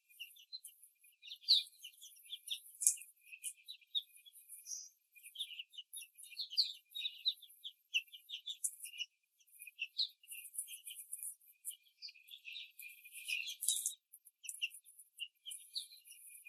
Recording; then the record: young laying hens in a cage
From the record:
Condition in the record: after the stressor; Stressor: simulated dog barking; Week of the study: 3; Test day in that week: 1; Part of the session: 2